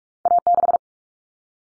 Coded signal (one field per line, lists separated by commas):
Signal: Morse code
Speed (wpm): 44 wpm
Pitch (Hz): 700 Hz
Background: none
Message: A6